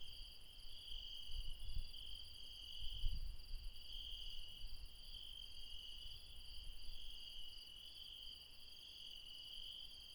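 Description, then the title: Continuous insect chorus of high trilling with a pulsing upper layer, joined early on by a few low thuds and rumbles. Insects calling late at night in the mountains at Refuge Krevatia, Dion, Greece. "Refuge Krevatia, Μπαρμπαλά, Dion 601 00, Greece - Late night mountain insects"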